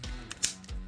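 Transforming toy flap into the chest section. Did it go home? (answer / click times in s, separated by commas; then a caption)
yes / 0.5 s. A flap on a plastic transforming action figure is swung around and pressed into the chest section, snapping into place with a sharp plastic click at 0.5 s. Quieter taps come just before and after the click, and music plays in the background throughout.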